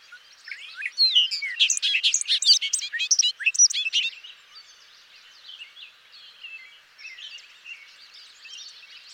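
Bobolink song: a tumbling outpouring of metallic, banjo-like notes for about three seconds, followed by softer twittering.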